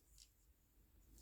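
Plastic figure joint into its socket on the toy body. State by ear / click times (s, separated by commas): not seated / none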